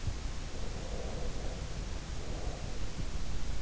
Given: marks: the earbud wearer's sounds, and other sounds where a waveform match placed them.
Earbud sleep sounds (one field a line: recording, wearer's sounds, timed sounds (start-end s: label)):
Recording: sounds in sleep by an in-ear microphone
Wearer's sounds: breath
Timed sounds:
0.62-3.22 s: breath